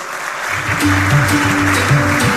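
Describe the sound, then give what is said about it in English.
A crowd applauds steadily at a Government of Karnataka event, welcoming officials including Shri Prashant Prakash, Chairperson, Vision Group for Startups; a dense wash of clapping that swells in after a quiet start, with a low sustained tone humming underneath. “Can we please have a round of applause?”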